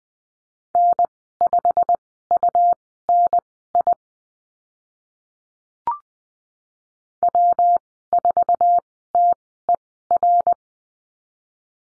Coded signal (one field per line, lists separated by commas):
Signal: Morse code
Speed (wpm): 20 wpm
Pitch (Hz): 700 Hz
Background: none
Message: N5UNI W4TER